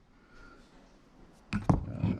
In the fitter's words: well that sensor kind of snaps into place there